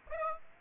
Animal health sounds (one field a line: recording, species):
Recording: mosquito wingbeat signal from an infrared sensor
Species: Aedes aegypti